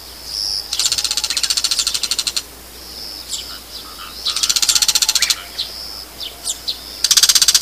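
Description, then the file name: Bull-headed shrike calls: three fast, grating chatter runs of up to two seconds, separated by short high squeaky notes and thin whistles. "mozu"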